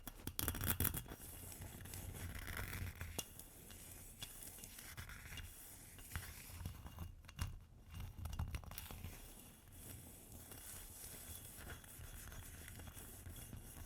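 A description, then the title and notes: Ice being tapped and scratched, with dense, irregular crackling and scraping running through the whole stretch. A burst of sharper clicks opens the first second, then the scratching settles into a steady, grainy texture with occasional brighter taps and low thumps around seven to nine seconds. ASMR Ice Tapping & Scratching (No Talking).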